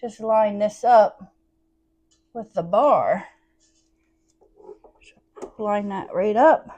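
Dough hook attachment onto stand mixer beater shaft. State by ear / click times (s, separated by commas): not seated / none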